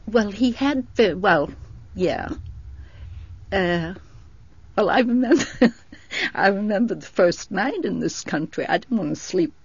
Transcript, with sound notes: Well, he had, well, yeah. Well, I remember, ( she laughs ) I remember the first night in this country I didn't want to sleep.